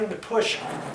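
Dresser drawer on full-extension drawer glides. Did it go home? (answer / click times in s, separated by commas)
no / none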